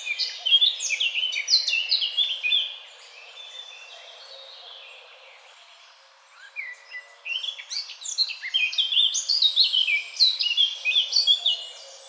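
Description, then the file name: Eurasian blackcap song in two loud bouts of rapid, varied warbling, separated by several seconds of quiet, subdued twittering. "Sylvia atricapilla"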